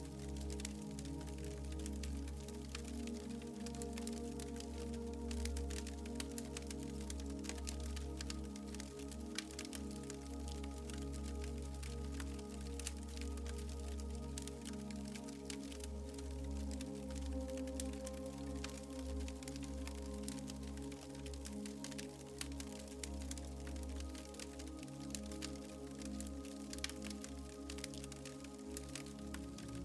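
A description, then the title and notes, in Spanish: A fire crackles steadily throughout, with dense, irregular pops and snaps scattered close by. Beneath it, soft, sustained music holds low, warm tones that shift slowly. The level stays even from start to finish. DUERME al Ritmo del FUEGO y la MÚSICA Suave. El reconfortante crepitar del fuego se combina con melodías suaves.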